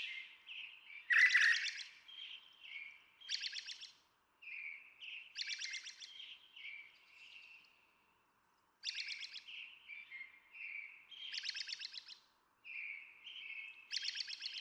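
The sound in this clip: Brown Thrasher song of short, crisp phrases, dry rattles alternating with chirped and whistled notes, with brief pauses between groups.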